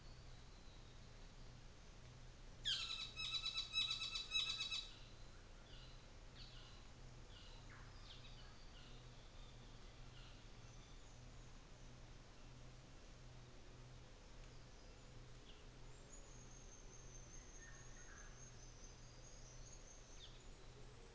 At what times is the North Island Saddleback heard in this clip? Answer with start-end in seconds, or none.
2.48-4.99, 5.57-9.11, 9.99-10.55